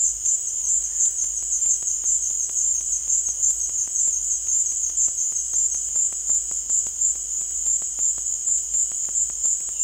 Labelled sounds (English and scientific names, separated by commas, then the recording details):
none
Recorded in dense forest near Puerto Asís, Putumayo, Colombia, on 20 December 2024 at 16:30
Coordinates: 0.482, -76.320
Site G021